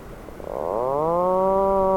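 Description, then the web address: Atlantic puffin giving a low moaning call that rises at the start and then holds a steady, drawn-out tone. "Atlantic puffin. صدای-پرنده-پافین-اطلس"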